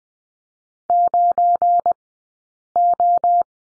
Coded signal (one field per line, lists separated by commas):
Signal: Morse code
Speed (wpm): 20 wpm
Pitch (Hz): 700 Hz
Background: none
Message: 9O